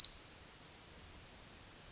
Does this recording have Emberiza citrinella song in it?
no